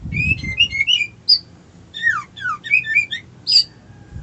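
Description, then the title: White-eye song of rapid, high chirping and twittering with downslurred notes, in busy bursts; faint low thumps at the start and end. Song style called ngerol ngalas. "Suara Burung Pleci Ngerol Ngalas Mantap"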